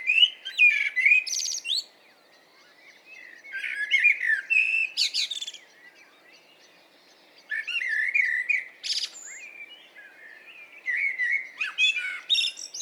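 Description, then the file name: Common blackbird song in repeated phrases, rich whistled notes followed by thin high squeaks and twittering, with quiet gaps between phrases. "Turdus merula"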